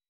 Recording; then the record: hydrophone in a shrimp aquaculture tank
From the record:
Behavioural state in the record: weakened